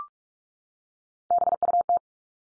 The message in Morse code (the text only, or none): BUT